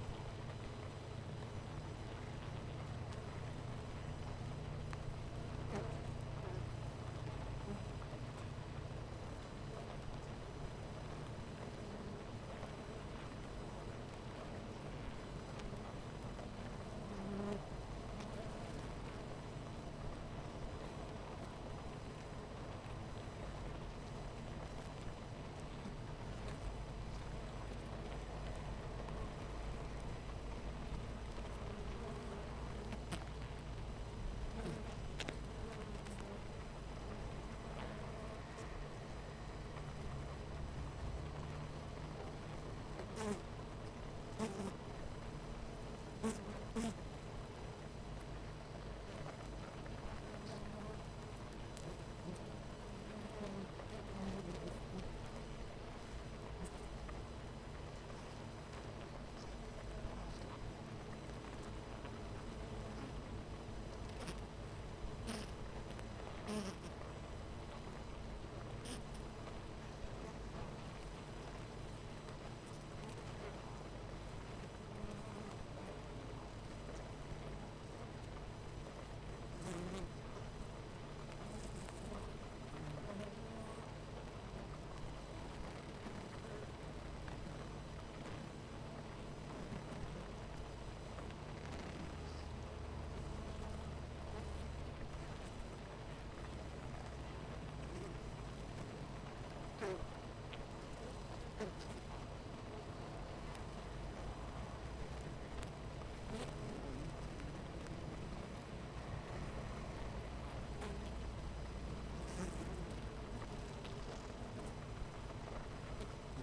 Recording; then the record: honeybee colony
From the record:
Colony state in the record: missing queen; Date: 14 July 2017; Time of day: 9:44